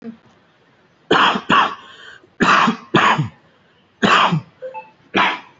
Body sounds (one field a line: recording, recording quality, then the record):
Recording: heavy voluntary cough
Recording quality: excellent, no background noise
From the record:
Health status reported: recovered from COVID-19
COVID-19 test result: negative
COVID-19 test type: RT-PCR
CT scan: not taken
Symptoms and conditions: cough, cold, breathing difficulty, asthma, chronic lung disease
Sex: male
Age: 37 years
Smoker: yes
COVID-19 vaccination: both doses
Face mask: not worn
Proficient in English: no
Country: India